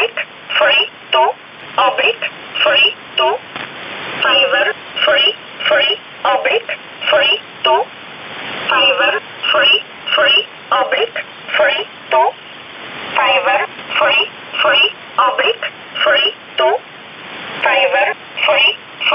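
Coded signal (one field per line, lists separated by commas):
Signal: numbers station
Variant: E11 Oblique, English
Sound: a voice reading short, evenly spaced English words through a narrow radio channel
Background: radio static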